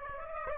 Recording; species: mosquito wingbeat signal from an infrared sensor; Aedes aegypti